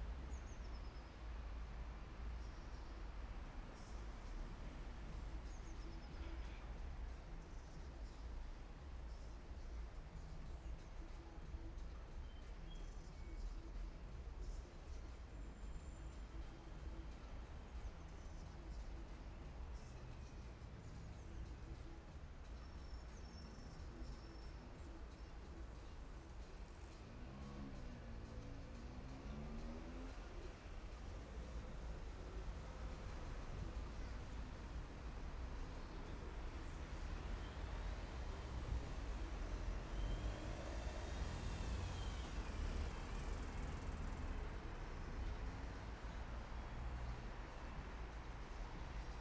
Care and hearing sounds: everyday scene through a hearing-aid microphone; in traffic; traffic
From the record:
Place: main city hub, rush hour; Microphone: behind the ear, right, front

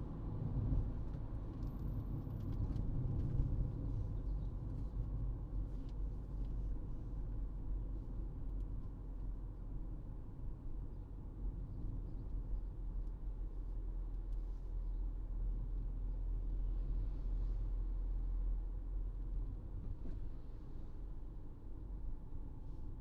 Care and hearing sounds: everyday scene through a hearing-aid microphone; in a vehicle; engine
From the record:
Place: Berlingo II, diesel engine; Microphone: in the ear canal, right

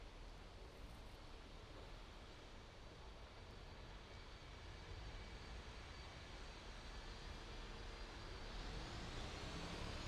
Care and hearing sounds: everyday scene through a hearing-aid microphone; in traffic; traffic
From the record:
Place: main road on the outskirts, rush hour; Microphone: in the ear canal, right

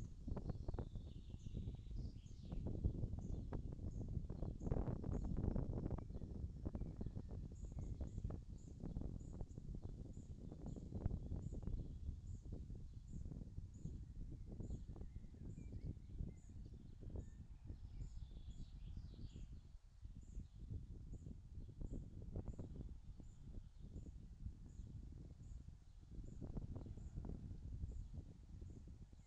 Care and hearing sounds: everyday scene through a hearing-aid microphone; wind on the microphone; wind, birds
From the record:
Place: in front of a rural house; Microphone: in the ear canal, left

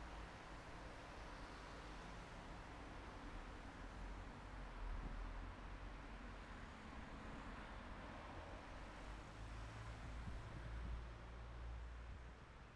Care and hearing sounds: everyday scene through a hearing-aid microphone; in traffic; traffic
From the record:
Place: bus stop on a city main road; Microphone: behind the ear, right, rear

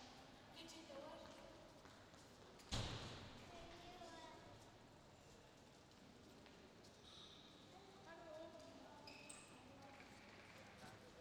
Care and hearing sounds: everyday scene through a hearing-aid microphone; reverberant space; background noise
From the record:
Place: railway station hall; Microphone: in the ear canal, left

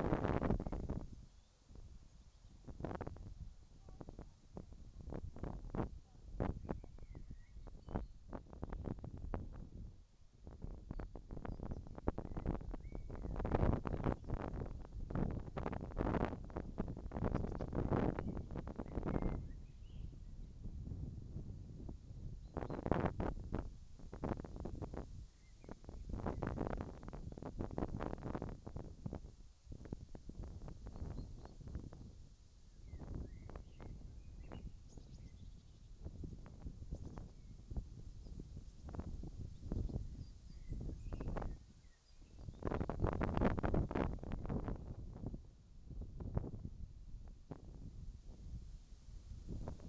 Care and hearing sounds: everyday scene through a hearing-aid microphone; wind on the microphone; wind, whistling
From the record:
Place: in front of a rural house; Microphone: in the ear canal, left

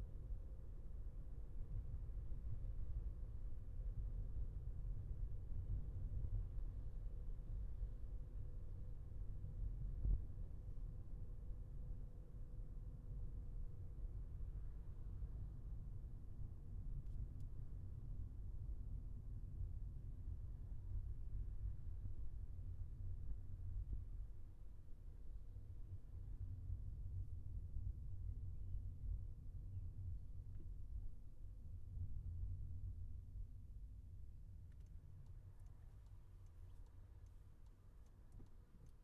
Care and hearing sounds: everyday scene through a hearing-aid microphone; in a vehicle; engine, highway traffic jam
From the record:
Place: Skoda Fabia, gasoline engine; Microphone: behind the ear, left, front

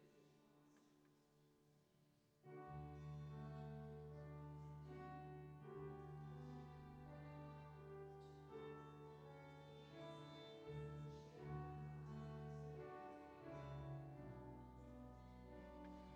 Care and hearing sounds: everyday scene through a hearing-aid microphone; reverberant space; music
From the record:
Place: church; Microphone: in the ear canal, left

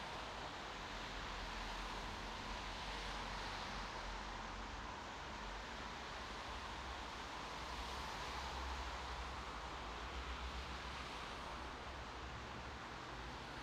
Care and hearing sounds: everyday scene through a hearing-aid microphone; in traffic; traffic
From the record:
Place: bus stop on a city main road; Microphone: in the ear canal, right

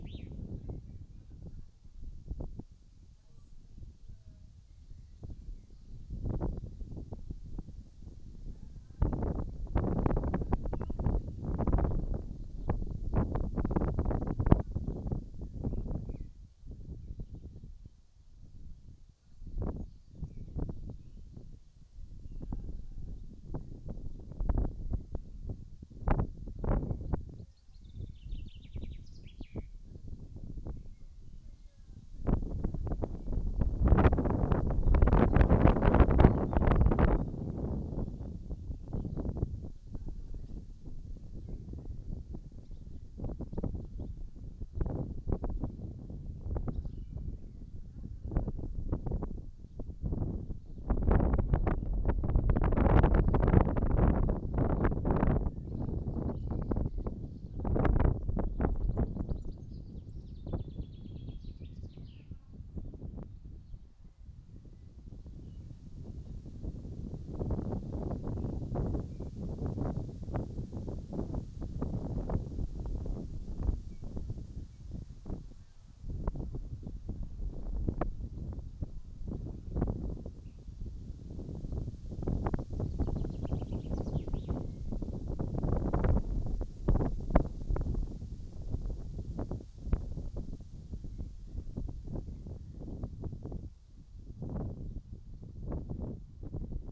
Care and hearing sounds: everyday scene through a hearing-aid microphone; wind on the microphone; wind, voices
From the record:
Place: in front of a rural house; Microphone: in the ear canal, right

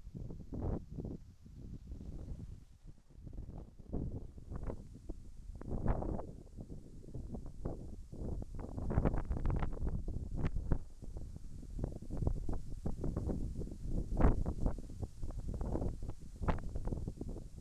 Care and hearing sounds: everyday scene through a hearing-aid microphone; wind on the microphone; wind, whistling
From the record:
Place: in front of a rural house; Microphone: behind the ear, right, front

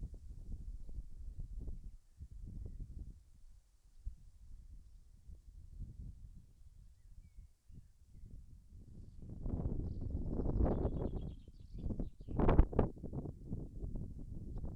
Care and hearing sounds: everyday scene through a hearing-aid microphone; wind on the microphone; wind, birds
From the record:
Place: in front of a rural house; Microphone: behind the ear, left, rear

